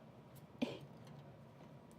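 A metal IO shield is pressed into the rear opening of a PC case until its tabs snap in, each of two people getting one side in. A sharp snap is heard at 0.6 s, followed by a low hum and a faint tick near 1.9 s. The shield seats in the case opening.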